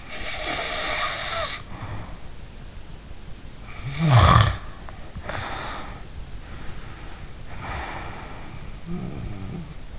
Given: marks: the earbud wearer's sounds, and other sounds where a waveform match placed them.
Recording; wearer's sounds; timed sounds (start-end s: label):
sounds in sleep by an in-ear microphone; snoring breath
0.00-2.23 s: snoring breath
3.61-6.18 s: snoring breath
6.37-9.91 s: snoring breath